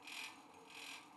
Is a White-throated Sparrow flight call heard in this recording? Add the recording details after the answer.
no. No flight call is heard. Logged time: 04:48 on 5 December 2014